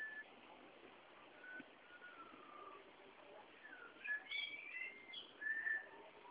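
Malabar whistling thrush produces soft gliding whistles early on, then a brighter cluster of varied whistled phrases toward the end.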